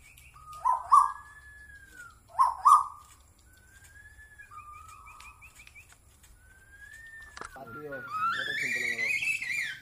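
Bird song: two strong harmonic notes and soft drawn-out whistles, then a noisy, rising, buzzy rush of sound at the end.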